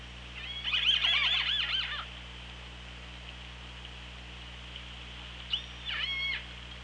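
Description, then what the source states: Orca calls underwater, two pulsed, wavering calls with rising and falling harmonic bands, one lasting over a second and a shorter one near the end, over steady hydrophone hiss and hum. Recorded on the OrcaLab hydrophone on 24 August 2017 at 15:43:25.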